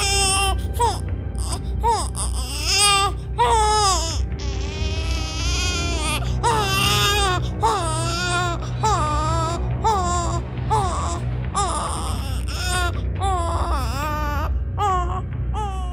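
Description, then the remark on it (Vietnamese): A wounded monster, its big head smashed against the ground and bloodied, lets out a shrill, wailing cry that rises and falls in repeated piercing bursts, loud and continuous for the whole stretch, with strained, sobbing pitch swoops and no talking. “Nào ngờ con quái bị đập đầu xuống đất vẫn chưa chết, lăn mấy vòng trên mặt đất rồi bỗng ngẩng cái đầu to nhảy nhụa những máu với thịt, ra sức gào khóc, tiếng khóc chói tai nghe mà nẫu cả ruột cả gan.”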